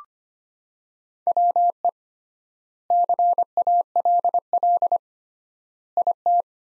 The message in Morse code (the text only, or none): WE CALL IT